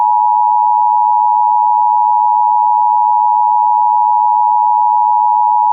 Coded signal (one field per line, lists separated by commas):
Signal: Emergency Alert System (SAME) tones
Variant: 853 and 960 Hz attention tone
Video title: EAS Child Abduction Emergency (AMBER ALERT) Dothan, Alabama Statewide Alert